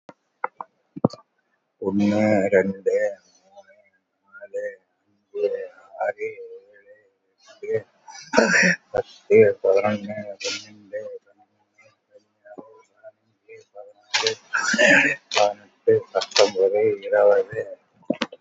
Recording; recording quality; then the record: counting at a fast pace; poor, much background noise or distortion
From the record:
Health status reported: COVID-19 positive, mild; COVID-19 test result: positive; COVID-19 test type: RT-PCR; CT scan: taken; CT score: 8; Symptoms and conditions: cough, fatigue, hypertension, diabetes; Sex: male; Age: 80 years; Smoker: no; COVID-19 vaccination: none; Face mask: not worn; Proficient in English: no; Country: India